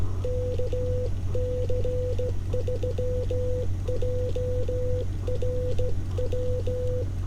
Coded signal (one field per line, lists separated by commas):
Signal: Morse code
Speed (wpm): 16 wpm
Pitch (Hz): 500 Hz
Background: none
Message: KC3JRW